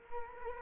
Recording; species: mosquito wingbeat signal from an infrared sensor; Culex quinquefasciatus